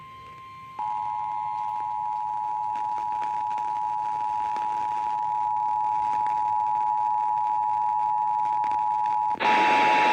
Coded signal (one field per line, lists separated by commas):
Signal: Emergency Alert System (SAME) tones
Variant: 853 and 960 Hz attention tone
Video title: June 9, 2018 EAS weather alerts (EAS #683-695)